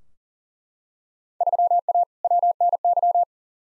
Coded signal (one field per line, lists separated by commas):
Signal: Morse code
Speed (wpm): 40 wpm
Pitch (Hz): 700 Hz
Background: none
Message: 3A WNY